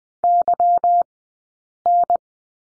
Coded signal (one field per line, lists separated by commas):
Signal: Morse code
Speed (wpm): 20 wpm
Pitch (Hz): 700 Hz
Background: none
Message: YN